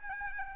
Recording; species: mosquito wingbeat signal from an infrared sensor; Aedes albopictus